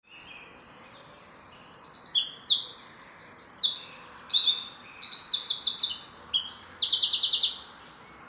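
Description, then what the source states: Birds: fast, high trills and chirps in a steady busy stream, with a brief dip partway through. Birds recorded in the morning.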